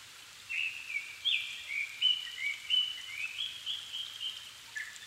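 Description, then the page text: Japanese thrush singing a rich string of short fluty whistles and slurred notes in quick succession, with a soft rain hiss behind. Japan, 7 May 2011 at 17:59, altitude 270 m; recorded with Sony PCM-D50 and Panasonic WM-61A mic. "Turdus cardis [Sounds -Nikko Today-]"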